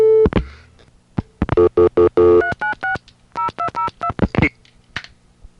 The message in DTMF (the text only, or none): 396 0202